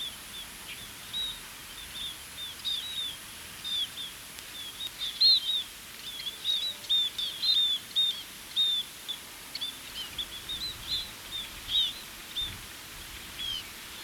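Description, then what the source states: Scaly-breasted munia calling with many brief, high chirping notes, becoming denser and overlapping in the middle, above faint low noise. Recorded 2021-10-10 at Sankaku, Oshiro.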